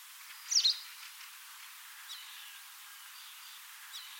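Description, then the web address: Bird giving a single sharp, high, down-slurred call, with faint chirps and a steady background hiss afterwards. "Deverinetal 2025 File origin Bird Only"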